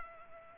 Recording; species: mosquito wingbeat signal from an infrared sensor; Culex pipiens